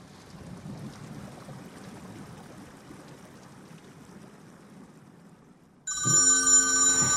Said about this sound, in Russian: Роберту звонит мобильный.